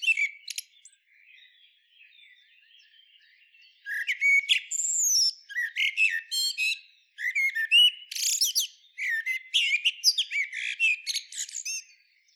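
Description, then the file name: Common blackbird singing, faint twittering at first, then a lively run of loud mellow whistles mixed with squeaky, chattering flourishes. "Turdus merula"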